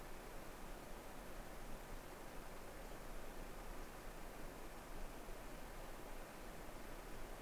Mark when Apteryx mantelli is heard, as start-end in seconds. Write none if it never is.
none